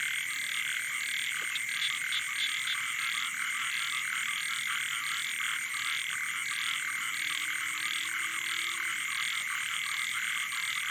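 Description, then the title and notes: Frogs and toads: frog chorus of continuous pulsing croaks layered over one another, with a constant shrill high drone running throughout. Night chorus on the shore of Boeng Thum lake, Cambodia, around 23:00 on 12 December 2018, when human noise gives way to the wild. "Soirée aux batraciens - Cambodge. 12 décembre 2018 Sur le bord du lac "Boeng Thum" vers 23h00 au moment ou le silence des hommes laisse place au monde sauvage"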